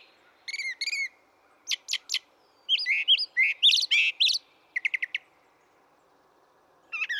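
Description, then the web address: Brown thrasher song with doubled and tripled notes, a mix of clear chirps and rough, buzzy syllables, delivered in short bursts with gaps between phrases. "birdsongforthecurious Brown Thrasher"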